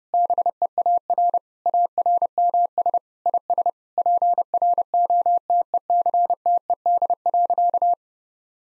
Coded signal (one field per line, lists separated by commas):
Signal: Morse code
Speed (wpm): 30 wpm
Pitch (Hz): 700 Hz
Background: none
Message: BEAR ARMS IS PROTECTED.